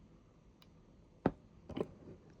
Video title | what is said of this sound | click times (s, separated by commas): Skagen Watch Battery Change and Band Change | That little snap is all you need. You do not need to go further. | 1.3 s